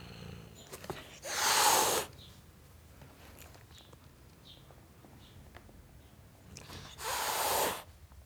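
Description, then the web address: Domestic cat hissing twice, two sharp breathy bursts about six seconds apart, with quiet between them. Tom cat, male, hissing at a dog. "BBC Sound Effects Library - Cats Tom Cat Hissing At Dog"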